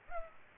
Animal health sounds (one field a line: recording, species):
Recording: mosquito wingbeat signal from an infrared sensor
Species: Culex pipiens